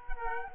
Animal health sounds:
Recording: mosquito wingbeat signal from an infrared sensor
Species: Culex quinquefasciatus

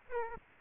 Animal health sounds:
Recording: mosquito wingbeat signal from an infrared sensor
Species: Aedes aegypti

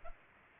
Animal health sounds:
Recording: mosquito wingbeat signal from an infrared sensor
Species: Culex pipiens

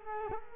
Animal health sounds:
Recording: mosquito wingbeat signal from an infrared sensor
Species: Culex quinquefasciatus

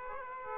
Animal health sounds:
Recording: mosquito wingbeat signal from an infrared sensor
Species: Aedes aegypti

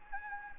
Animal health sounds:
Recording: mosquito wingbeat signal from an infrared sensor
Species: Anopheles gambiae

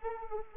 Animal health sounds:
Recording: mosquito wingbeat signal from an infrared sensor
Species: Anopheles arabiensis

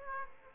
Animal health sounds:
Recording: mosquito wingbeat signal from an infrared sensor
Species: Aedes aegypti

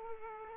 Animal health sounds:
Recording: mosquito wingbeat signal from an infrared sensor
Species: Aedes aegypti

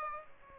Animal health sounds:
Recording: mosquito wingbeat signal from an infrared sensor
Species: Aedes aegypti

